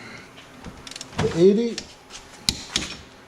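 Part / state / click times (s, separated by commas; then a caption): torque wrench on ATV wheel spacer nut / torque reached / 2.5 s. A torque wrench set to 80 ft-lb is pulled on a wheel spacer nut of a Polaris Sportsman 1000 ATV, after the nuts were already pre-tightened with an impact gun. Someone talks over a few faint ticks near 0.9–1.0 s, then the wrench gives a sharp click at 2.5 s, followed by a softer knock at 2.8 s. The click signals the nut has reached the set torque and the job is done.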